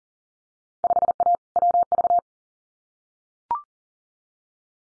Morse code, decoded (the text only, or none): 5A WV